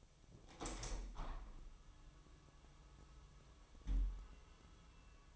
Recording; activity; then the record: daily activity, microphone in the room; open window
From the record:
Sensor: 1